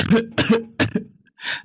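Violent coughing: three loud, harsh hacking bursts in quick succession, followed after a short pause by a raspy, strained gasp for breath. No talking.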